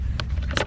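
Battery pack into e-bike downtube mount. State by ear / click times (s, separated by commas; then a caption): seated / 0.6 s. The integrated battery pack of a CUBE Reaction Hybrid Performance 400 Allroad e-bike is pushed up into its downtube mount, which connects to a small rod and two tabs at the bottom. After a sharp tap near 0.2 s and softer knocks around 0.4–0.5 s, the battery seats with a sharp click at 0.6 s, locking into place.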